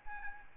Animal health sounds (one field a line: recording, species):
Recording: mosquito wingbeat signal from an infrared sensor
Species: Aedes albopictus